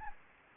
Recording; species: mosquito wingbeat signal from an infrared sensor; Anopheles gambiae